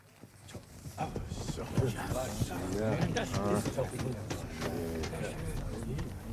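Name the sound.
horse hooves approaching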